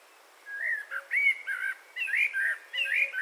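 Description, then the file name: Eurasian blackbird giving a flowing song of melodious whistled notes, rising and falling in short repeated phrases with brief gaps. "Turdus merula"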